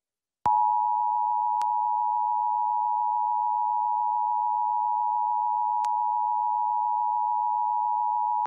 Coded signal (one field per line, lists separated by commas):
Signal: Emergency Alert System (SAME) tones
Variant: 853 and 960 Hz attention tone